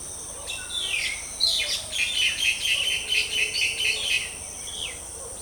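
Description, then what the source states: Birds chirping in quick, overlapping bursts of high notes, some sliding downward, over a steady high hum. Countryside ambience.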